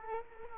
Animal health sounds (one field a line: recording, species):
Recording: mosquito wingbeat signal from an infrared sensor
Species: Culex quinquefasciatus